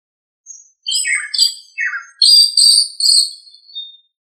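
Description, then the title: Thrush singing a run of quick, downward-sliding whistled notes that flow into higher, sustained warbled phrases, with no other sounds. "Sabia"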